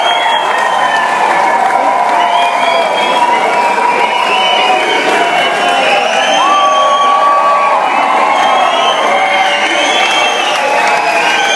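A crowd whistles loudly and without pause, many shrill whistles overlapping into a dense, piercing wall of sound. Wavering and gliding tones rise and fall throughout, with cheering and shouting voices mixed underneath. The level stays high and even for the whole stretch.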